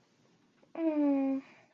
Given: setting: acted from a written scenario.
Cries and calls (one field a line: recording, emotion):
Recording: vocal sound without words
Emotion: awe